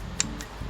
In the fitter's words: เราก็กดให้เข้าล็อคเดิมครับนี่